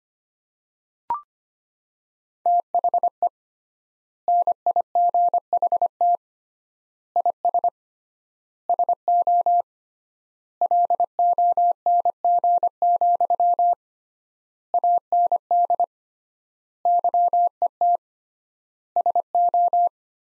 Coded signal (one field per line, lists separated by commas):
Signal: Morse code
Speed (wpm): 25 wpm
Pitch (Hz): 700 Hz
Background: none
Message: THE NIGHT IS SO LONG, AND YET SO